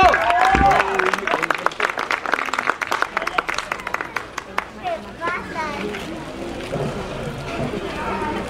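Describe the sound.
An audience breaks into sustained applause, dense crackling claps mixed with scattered cheers and whistles, thinning out in the second half as voices murmur beneath.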